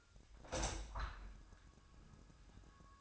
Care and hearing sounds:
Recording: daily activity, microphone in the room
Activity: open window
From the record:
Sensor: 2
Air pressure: 1004.5 hPa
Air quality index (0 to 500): 91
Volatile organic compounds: 2 ppm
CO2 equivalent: 1084 ppm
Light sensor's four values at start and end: 6/14/5/6 and 6/14/5/6

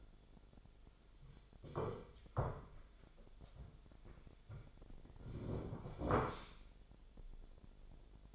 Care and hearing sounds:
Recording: daily activity, microphone in the room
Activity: sit down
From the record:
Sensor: 5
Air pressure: 1008.1 hPa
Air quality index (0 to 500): 153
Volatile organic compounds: 3 ppm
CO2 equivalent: 1475 ppm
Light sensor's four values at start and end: 58/164/64/64 and 59/165/64/64

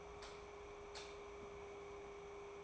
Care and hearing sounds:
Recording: daily activity, microphone in the room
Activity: light off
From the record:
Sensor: 1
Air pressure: 1010.2 hPa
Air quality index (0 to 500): 171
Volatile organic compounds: 12 ppm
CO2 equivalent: 2358 ppm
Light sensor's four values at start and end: 56/150/61/77 and 54/139/57/73

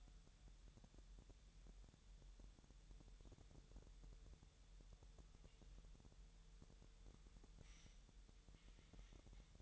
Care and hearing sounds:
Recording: daily activity, microphone in the room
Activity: wipe stove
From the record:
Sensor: 3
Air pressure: 1001.0 hPa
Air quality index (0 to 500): 248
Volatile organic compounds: 177 ppm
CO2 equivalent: 4133 ppm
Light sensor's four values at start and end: 12/29/12/12 and 12/29/12/12

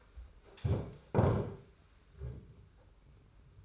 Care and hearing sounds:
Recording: daily activity, microphone in the room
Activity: stand up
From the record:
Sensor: 2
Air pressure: 991.5 hPa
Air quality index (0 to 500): 179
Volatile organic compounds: 1000 ppm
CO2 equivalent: 5822 ppm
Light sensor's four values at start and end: 28/88/34/32 and 25/80/31/30

